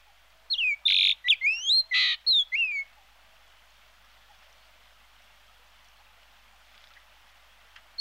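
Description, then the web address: Ochre-rumped bunting calls, a quick burst of sharp whistled notes and buzzy chips with falling slurs, about two seconds long, then quiet. "emberiza yessoensis"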